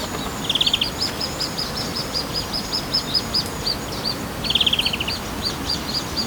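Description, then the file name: European greenfinch calling, a fast trill given twice, with a run of short high chirps repeating steadily in between. "Chloris chloris"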